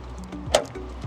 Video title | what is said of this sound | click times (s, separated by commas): My Tesla Kept Warning ‘Frunk Open’… So I Fixed It for Good! (Hansshow Powered Frunk Install) | Good. That is snapped. | 0.6 s